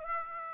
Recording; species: mosquito wingbeat signal from an infrared sensor; Aedes aegypti